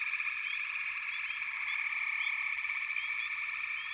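Dense chorus of frogs, an unbroken high trill with quick upward chirps scattered through it.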